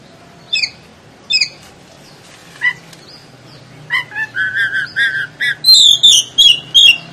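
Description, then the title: Oriental magpie-robin song, starting with a few scattered chips, then building into a quick string of whistled and chattering notes. "Kacer"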